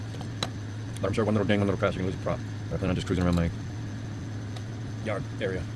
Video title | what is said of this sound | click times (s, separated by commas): Bibladed Rate 20 #fpv | You'll hear the pop. | 0.4 s